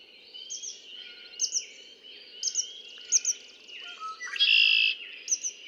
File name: Red-winged Blackbird